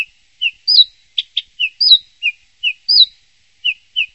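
Bird song of short high whistled notes and slurred chirps, with a pair of sharp clicks in between.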